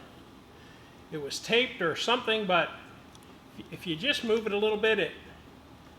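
A loose sensor part on the magnetic mount of a Magicycle Ocelot Pro e-bike, thought to need gluing, is nudged by hand toward its spot where magnets hold it. Someone talks over the handling, with two faint ticks in the pause between phrases. Nothing has seated or clicked yet by the end of the clip.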